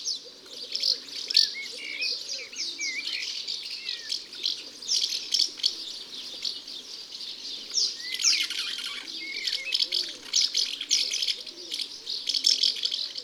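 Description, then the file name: Common house martin calls: continuous chattering chirrups throughout, with brief whistled slurs now and then and quiet arched lower notes in the background. "Hirondelle de fenetre ABC des chants doiseaux"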